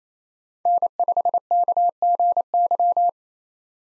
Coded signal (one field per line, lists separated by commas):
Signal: Morse code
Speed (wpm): 28 wpm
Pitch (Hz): 700 Hz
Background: none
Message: N5KGY